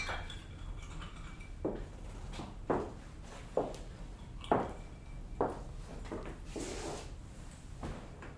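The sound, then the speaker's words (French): Ice cubes drop into a glass of whisky one after another, about six sharp clinks at an unhurried, uneven pace over a faint background hiss, with no voices. “Je me contenterai d'y mettre des glaçons.”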